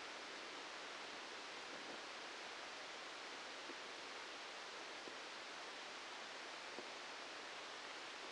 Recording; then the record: brain microelectrode recording played as sound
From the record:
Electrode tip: outside the subthalamic nucleus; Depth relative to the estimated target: -6 mm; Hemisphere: left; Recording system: NeuroSet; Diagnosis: Parkinson's disease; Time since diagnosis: 13 years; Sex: male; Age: 63 years